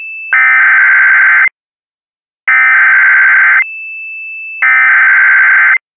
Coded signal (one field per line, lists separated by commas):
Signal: Emergency Alert System (SAME) tones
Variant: header bursts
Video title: Dixdos EAS Scenario Orange Night (REUPLOAD)